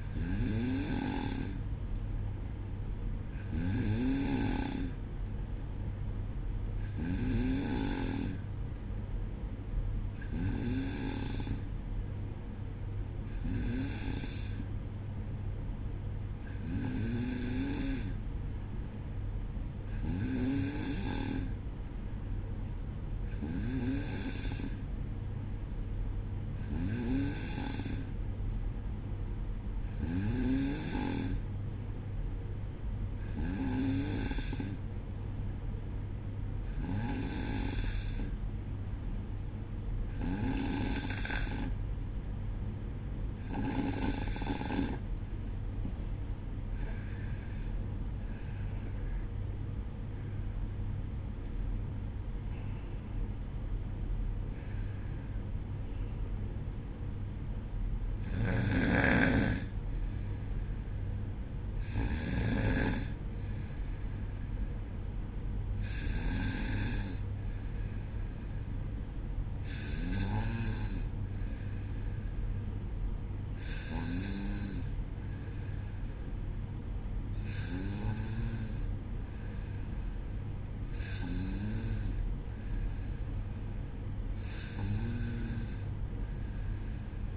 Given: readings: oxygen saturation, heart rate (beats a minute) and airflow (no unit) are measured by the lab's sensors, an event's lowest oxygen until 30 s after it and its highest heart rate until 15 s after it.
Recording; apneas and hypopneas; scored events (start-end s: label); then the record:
breathing in sleep by a smartphone at the bedside; 1
23.00-46.80 s: hypopnea (N2, oxygen 93% highest, then 93% lowest, heart rate 61 at the start, 68 highest)
55.00-85.00 s: new sleep stage, N1 (lightest sleep)
85.00-87.37 s: new sleep stage, N2 (light sleep)
From the record:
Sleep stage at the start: N2 (light sleep); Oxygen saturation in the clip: 93 to 95%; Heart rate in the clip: 58 to 68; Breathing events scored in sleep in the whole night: 305 in 9.6 hours asleep